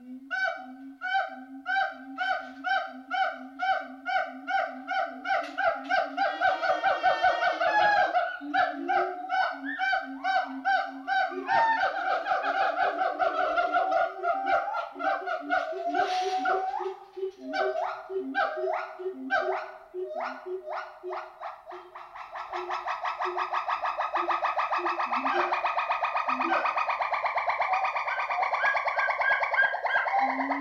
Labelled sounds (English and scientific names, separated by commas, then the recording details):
Siamang (Symphalangus syndactylus)
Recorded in captivity
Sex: pair
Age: adult
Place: Zoo Berlin, Berlin, DE
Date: 1988-07-23
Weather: sonnig, 21-30°C
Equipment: 19 cm Stereo
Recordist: Tembrock, Günter